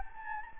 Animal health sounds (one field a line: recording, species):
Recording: mosquito wingbeat signal from an infrared sensor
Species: Anopheles gambiae